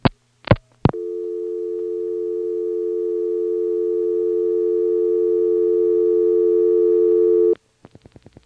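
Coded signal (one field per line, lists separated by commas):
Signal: telephone call progress tone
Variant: North America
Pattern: dial tone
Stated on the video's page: Call progress tone heard through a motel PBX, NX1 exchange in Siler City NC, 1977.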